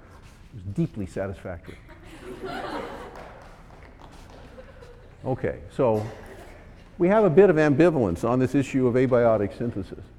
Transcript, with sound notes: it was deeply satisfactory. [Laughter] Okay, so we have a bit of ambivalence on this issue of abiotic synthesis.